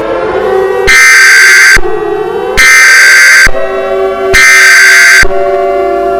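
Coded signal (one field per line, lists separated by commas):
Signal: Emergency Alert System (SAME) tones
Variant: header bursts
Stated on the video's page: Fictional EAS scenario with simulated alert tones about a war of gods across California.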